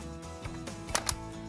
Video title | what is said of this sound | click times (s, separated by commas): Maintenance Best Practices | you're finished tilt it back into the frame click into place | 1.0 s, 1.1 s